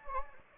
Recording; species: mosquito wingbeat signal from an infrared sensor; Anopheles gambiae